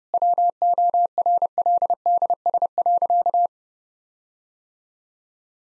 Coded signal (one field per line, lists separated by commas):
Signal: Morse code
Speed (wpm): 30 wpm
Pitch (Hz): 700 Hz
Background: none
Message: WORLDS.